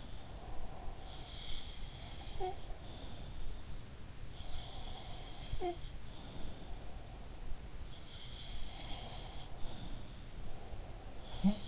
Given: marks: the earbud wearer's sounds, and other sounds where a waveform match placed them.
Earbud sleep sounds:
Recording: sounds in sleep by an in-ear microphone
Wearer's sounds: breath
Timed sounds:
0.00-1.84 s: breath
0.93-3.45 s: sound from someone else or the room
4.36-6.89 s: sound from someone else or the room
7.93-11.68 s: sound from someone else or the room
9.54-11.68 s: breath

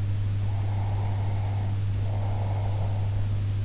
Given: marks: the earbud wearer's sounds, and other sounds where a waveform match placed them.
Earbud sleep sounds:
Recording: sounds in sleep by an in-ear microphone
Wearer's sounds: breath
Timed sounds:
0.48-3.36 s: breath

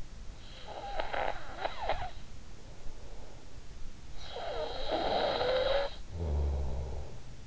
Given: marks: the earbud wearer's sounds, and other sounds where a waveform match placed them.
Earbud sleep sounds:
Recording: sounds in sleep by an in-ear microphone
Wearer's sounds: snoring breath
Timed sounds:
0.30-2.78 s: snoring breath
3.75-7.47 s: snoring breath

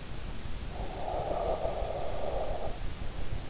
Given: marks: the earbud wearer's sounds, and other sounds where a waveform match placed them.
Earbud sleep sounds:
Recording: sounds in sleep by an in-ear microphone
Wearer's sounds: breath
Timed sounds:
0.55-3.00 s: breath

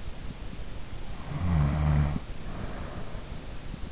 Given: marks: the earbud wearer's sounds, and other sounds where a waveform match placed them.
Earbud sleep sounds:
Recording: sounds in sleep by an in-ear microphone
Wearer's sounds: snoring breath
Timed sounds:
1.08-3.38 s: snoring breath

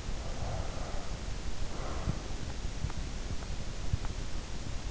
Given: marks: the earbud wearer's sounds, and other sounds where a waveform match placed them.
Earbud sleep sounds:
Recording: sounds in sleep by an in-ear microphone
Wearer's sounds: breath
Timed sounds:
0.22-2.44 s: breath

